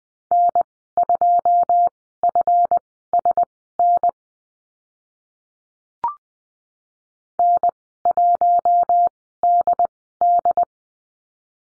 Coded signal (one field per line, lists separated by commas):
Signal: Morse code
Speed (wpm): 20 wpm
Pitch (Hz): 700 Hz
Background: none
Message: N2FSN N1DD